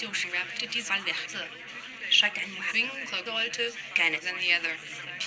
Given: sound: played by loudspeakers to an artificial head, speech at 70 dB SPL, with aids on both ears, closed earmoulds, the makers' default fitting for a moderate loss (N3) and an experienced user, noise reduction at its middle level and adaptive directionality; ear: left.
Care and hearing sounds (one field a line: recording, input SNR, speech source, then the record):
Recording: speech test signal (ISTS) in cocktail-party noise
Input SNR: +6 dB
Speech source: in front (0 degrees)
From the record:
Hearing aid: class 2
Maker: G